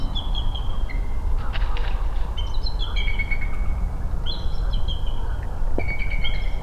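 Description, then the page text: Bald eagle giving high whistled piping notes in short stuttering runs, with pauses between bursts, over a constant low background roar. Recorded in Maryland. "Maryland Biodiversity. Bald Eagle ( Haliaeetus leucocephalus )"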